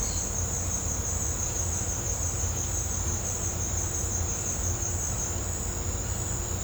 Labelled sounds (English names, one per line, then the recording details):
none
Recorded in pastures near Puerto Asís, Putumayo, Colombia, on 18 December 2024 at 17:30
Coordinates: 0.502, -76.324
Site G077